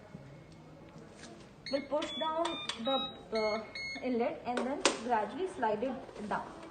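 Someone talks while the water-filled humidifier chamber of a ventilator is pushed down at its inlet and slid toward the humidifier base. Nothing has clicked or seated yet; the click that shows the chamber is properly fixed comes after the clip ends.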